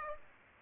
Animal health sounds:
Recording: mosquito wingbeat signal from an infrared sensor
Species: Aedes aegypti

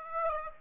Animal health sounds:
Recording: mosquito wingbeat signal from an infrared sensor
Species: Aedes aegypti

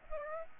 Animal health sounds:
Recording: mosquito wingbeat signal from an infrared sensor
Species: Aedes aegypti

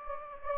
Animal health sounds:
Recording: mosquito wingbeat signal from an infrared sensor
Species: Anopheles gambiae

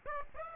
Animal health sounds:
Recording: mosquito wingbeat signal from an infrared sensor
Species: Aedes aegypti

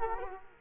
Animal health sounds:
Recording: mosquito wingbeat signal from an infrared sensor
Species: Culex quinquefasciatus

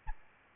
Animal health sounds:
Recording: mosquito wingbeat signal from an infrared sensor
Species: Aedes albopictus

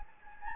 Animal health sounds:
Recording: mosquito wingbeat signal from an infrared sensor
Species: Anopheles gambiae

